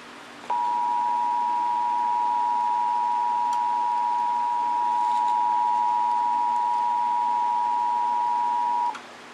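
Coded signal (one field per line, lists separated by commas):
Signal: Emergency Alert System (SAME) tones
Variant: 853 and 960 Hz attention tone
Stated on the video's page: Coastal flood warning tones aired by a broadcast station.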